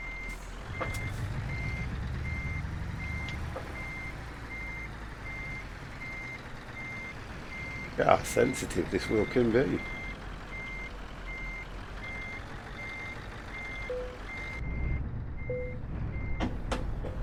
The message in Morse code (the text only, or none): none